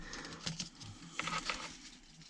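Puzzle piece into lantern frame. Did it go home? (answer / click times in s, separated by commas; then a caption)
no / none. Someone taps on a plastic puzzle piece to force it into the frame of a Crafts & Co DIY 3D puzzle lantern, model 1, with LED light. Short sharp taps sound at about 0.5, 0.6, 1.2 and 1.5 seconds over a low background hum. The piece is not properly engaged and won't go in; nothing has seated or clicked yet.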